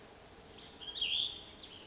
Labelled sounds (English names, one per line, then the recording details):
Cassin's Vireo
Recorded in Sonoma County, California